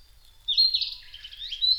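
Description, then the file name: Narcissus flycatcher song: a brief loud phrase of high warbled whistles with a lower slurred note, ending on a clear whistle. Recorded 5 May 2008 at 07:22. "kibitaki 20080505-0722"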